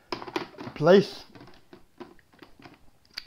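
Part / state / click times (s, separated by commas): blender container into motor base / seated / 3.2 s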